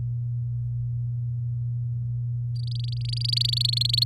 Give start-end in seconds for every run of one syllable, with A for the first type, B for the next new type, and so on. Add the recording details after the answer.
2.56-4.04 A. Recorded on 8 May 2018 at 06:46. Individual llb16